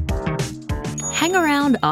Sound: a bright dinner bell rings and reverberates